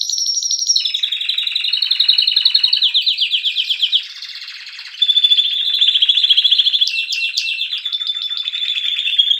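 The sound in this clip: Canary singing continuous fast trills that shift pitch from section to section, with a brief soft pause midway before the rolling phrases resume.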